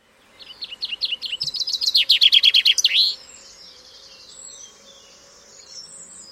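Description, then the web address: Common chaffinch delivers a run of chirps growing louder into a descending trill with an end flourish, followed by faint high twittering. "Deverinetal 2025 File origin Bird Only Fr Co"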